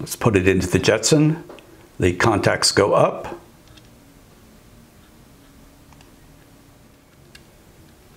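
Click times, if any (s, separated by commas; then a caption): none. Someone talks for about the first 3.4 seconds while a microSD card, contacts facing up, is brought to the spring-loaded card slot of a Jetson Nano developer-kit compute module. After that there is only quiet room hiss with a faint tick near 7.4 seconds. Nothing has seated or clicked yet; the card is still being handled.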